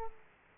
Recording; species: mosquito wingbeat signal from an infrared sensor; Aedes aegypti